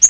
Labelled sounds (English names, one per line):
Yellow-rumped Warbler flight call